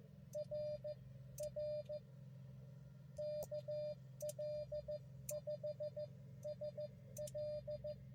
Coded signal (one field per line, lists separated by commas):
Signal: Morse code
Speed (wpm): 14 wpm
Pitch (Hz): 590 Hz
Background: none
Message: R R KL5SL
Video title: 20241220 Five Park POTA Run - Three Outta Five Ain't Bad